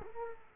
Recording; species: mosquito wingbeat signal from an infrared sensor; Culex quinquefasciatus